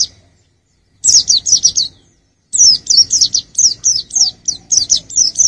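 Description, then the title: White-eye song: a short burst of high twittering notes, a pause, then a longer, even series of rapid, falling chirps. "Burung Campur3. pleci usro"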